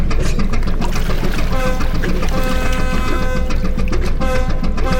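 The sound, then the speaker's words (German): A boat engine drones steadily and loudly over constant rushing, splashing water, with a higher tonal whine rising out of the noise partway through and holding to the end. “Stoppen Sie die Maschine, Skorpion, und drehen Sie bei.”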